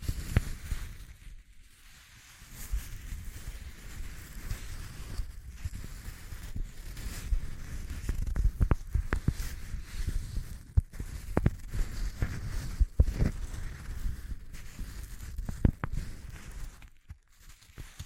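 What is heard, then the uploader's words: A rough, grainy texture of low rumbling noise dotted with sharp clicks and snaps, dropping out briefly into near-silence every few seconds. ASMR Exploring Textures (No Talking).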